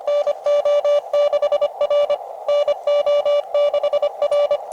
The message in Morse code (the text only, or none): NO6R NO6R